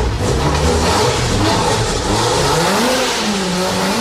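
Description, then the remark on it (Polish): A car engine revs up loudly, its pitch climbing and wavering as the throttle is pushed, with a steady rough roar and no voices. “Podciągnijmy gaz jeszcze.”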